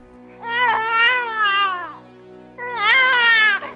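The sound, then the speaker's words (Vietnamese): A newborn baby, just delivered, crying: two long, wavering, high-pitched wails separated by a brief pause, loud and with no talking over them. “Tiếng khóc đứa trẻ vang lên, người phụ nữ thở phào, trên mặt đầy mồ hôi.”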